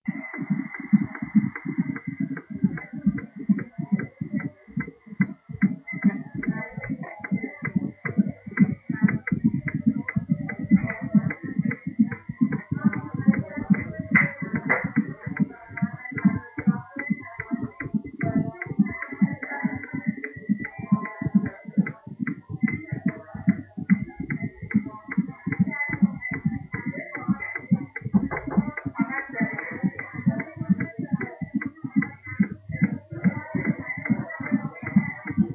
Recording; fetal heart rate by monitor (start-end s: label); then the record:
fetal heart sounds by stethoscope on the mother's abdomen
0.00-10.00 s: 143 bpm
10.00-20.00 s: 139 bpm
20.00-30.00 s: 142 bpm
30.00-35.55 s: 141 bpm
From the record:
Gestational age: 32 weeks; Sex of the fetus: twin girls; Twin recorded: left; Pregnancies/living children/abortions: 1/0/0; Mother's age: 20 years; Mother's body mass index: 25.0